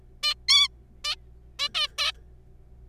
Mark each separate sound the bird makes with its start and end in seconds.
0.23-0.34, 0.48-0.68, 1.04-1.15, 1.59-1.69, 1.75-1.87, 1.98-2.12